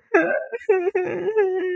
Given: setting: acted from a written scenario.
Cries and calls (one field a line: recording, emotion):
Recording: vocal sound without words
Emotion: sadness